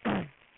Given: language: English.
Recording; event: throat vibration sensor signal played as sound; throat clearing